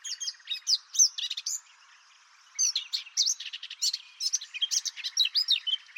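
Bird song, bursts of fast high chirps and buzzy trills, a short pause near two seconds, then more rapid varied warbling notes.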